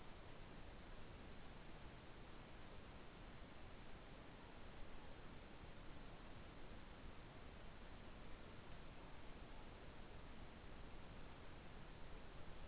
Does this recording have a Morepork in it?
yes